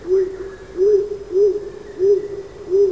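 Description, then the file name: Stock dove giving five low, hollow coos, evenly repeated, each rising slightly then falling. "Columba oenas"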